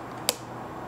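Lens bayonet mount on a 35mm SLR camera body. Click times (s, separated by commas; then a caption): 0.3 s. An FD lens is mounted on the bayonet of a Canon AV-1 35mm SLR camera body: the red dot on the lens is lined up with the red dot on the mount and the lens is rotated. A single sharp, bright click at 0.3 s marks the lens locking home, seated. The rest of the clip is quiet background.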